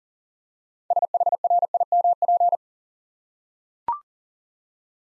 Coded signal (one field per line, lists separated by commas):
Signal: Morse code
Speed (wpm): 40 wpm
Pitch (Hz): 700 Hz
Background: none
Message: SHRIMP